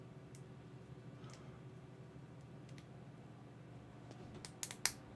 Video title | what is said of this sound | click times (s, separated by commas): Porsche 917KH - 1:8 scale build log - Box 3 - Kits 9 - 12 | and that just snaps in place | 4.6 s, 4.9 s